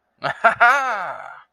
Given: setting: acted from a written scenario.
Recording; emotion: vocal sound without words; triumph